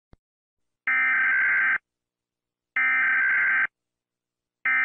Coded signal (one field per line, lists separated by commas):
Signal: Emergency Alert System (SAME) tones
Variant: header bursts